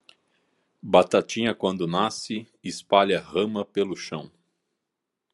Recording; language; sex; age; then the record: short text; Brazilian Portuguese; male; 50 to 59 years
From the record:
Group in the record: control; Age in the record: 50 years